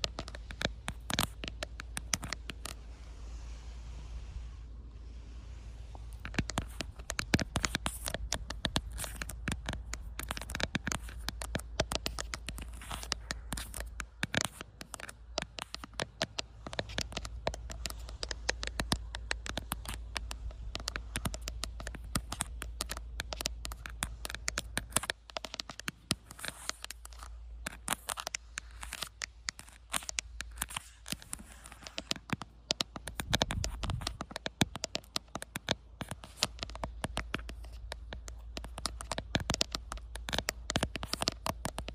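Rapid, irregular tapping on an outdoor camera fills nearly the whole recording, dense clicks and knocks arriving in uneven bursts. A steady low rumble runs underneath throughout. The tapping thins briefly around five seconds, then resumes and stays busy to the end.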